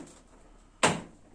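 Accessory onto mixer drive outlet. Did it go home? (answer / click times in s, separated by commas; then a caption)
no / none. An accessory is brought in at a slight angle and turned onto the drive outlet of a Bosch MUM5 kitchen mixer. Low background noise gives way to a short, sharp broadband knock at about 0.8 s that fades by about 1.1 s. Nothing has seated or clicked yet.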